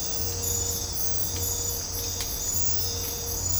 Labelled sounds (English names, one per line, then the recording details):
none
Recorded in dense forest near Puerto Asís, Putumayo, Colombia, on 26 December 2024 at 05:00
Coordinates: 0.503, -76.323
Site G043